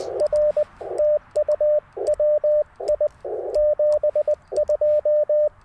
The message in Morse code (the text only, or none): R TU WI 72